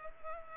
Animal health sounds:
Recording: mosquito wingbeat signal from an infrared sensor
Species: Culex pipiens

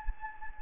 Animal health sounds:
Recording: mosquito wingbeat signal from an infrared sensor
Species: Anopheles gambiae

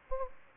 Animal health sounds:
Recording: mosquito wingbeat signal from an infrared sensor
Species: Anopheles gambiae

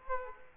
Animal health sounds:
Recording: mosquito wingbeat signal from an infrared sensor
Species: Culex quinquefasciatus

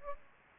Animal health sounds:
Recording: mosquito wingbeat signal from an infrared sensor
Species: Aedes aegypti

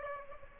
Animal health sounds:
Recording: mosquito wingbeat signal from an infrared sensor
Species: Aedes aegypti

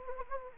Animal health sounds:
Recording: mosquito wingbeat signal from an infrared sensor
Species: Anopheles gambiae

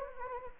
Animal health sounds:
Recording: mosquito wingbeat signal from an infrared sensor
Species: Anopheles gambiae

